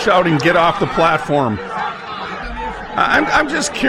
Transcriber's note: cheering